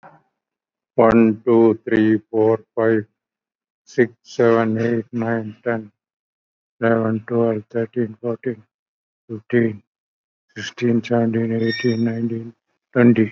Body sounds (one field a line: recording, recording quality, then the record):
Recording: counting at a normal pace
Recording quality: excellent, no background noise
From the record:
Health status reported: COVID-19 positive, moderate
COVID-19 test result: positive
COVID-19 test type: RT-PCR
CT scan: taken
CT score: 11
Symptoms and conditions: cough, cold, breathing difficulty, sore throat, loss of smell and taste, diarrhoea, hypertension, diabetes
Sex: male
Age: 77 years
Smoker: no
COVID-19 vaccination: both doses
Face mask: worn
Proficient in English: yes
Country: India